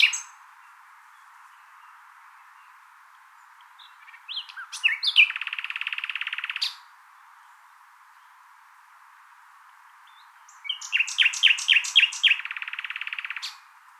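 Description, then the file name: Common nightingale singing two separate phrases, each opening with loud clipped notes and ending in a long, rapid, buzzing rattle, with quiet gaps between them. "Luscinia megarhynchos"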